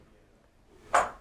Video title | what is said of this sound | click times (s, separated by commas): 10. Free swing mode | you hear that click as the core goes over the spring and then let go the door and | 1.0 s